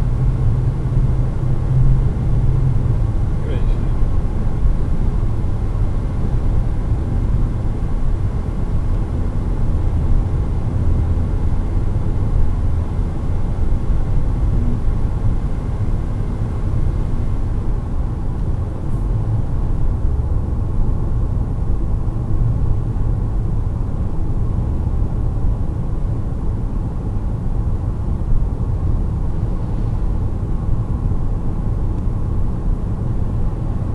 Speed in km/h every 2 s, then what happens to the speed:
125, 127, 128, 129, 130, 131, 131, 130, 128, 125, 121, 120, 120, 120, 121, 122, 123.
0-13 steady at about 129. 13-21 slows to 120. 21-34 steady at about 120.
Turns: none.